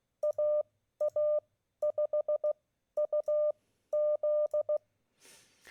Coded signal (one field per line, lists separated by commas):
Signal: Morse code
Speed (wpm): 16 wpm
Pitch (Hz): 600 Hz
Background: none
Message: AA5UZ